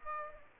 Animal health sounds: mosquito wingbeat signal from an infrared sensor; Aedes aegypti

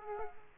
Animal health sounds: mosquito wingbeat signal from an infrared sensor; Aedes aegypti

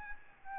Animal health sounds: mosquito wingbeat signal from an infrared sensor; Aedes albopictus

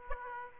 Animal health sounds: mosquito wingbeat signal from an infrared sensor; Aedes aegypti

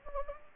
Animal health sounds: mosquito wingbeat signal from an infrared sensor; Anopheles gambiae

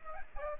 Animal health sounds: mosquito wingbeat signal from an infrared sensor; Aedes aegypti

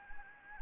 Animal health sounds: mosquito wingbeat signal from an infrared sensor; Anopheles arabiensis

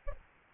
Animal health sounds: mosquito wingbeat signal from an infrared sensor; Aedes albopictus

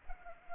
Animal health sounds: mosquito wingbeat signal from an infrared sensor; Culex pipiens

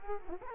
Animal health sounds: mosquito wingbeat signal from an infrared sensor; Culex quinquefasciatus

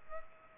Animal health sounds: mosquito wingbeat signal from an infrared sensor; Culex pipiens

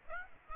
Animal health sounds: mosquito wingbeat signal from an infrared sensor; Aedes aegypti

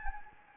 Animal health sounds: mosquito wingbeat signal from an infrared sensor; Anopheles gambiae

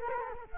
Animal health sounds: mosquito wingbeat signal from an infrared sensor; Culex quinquefasciatus

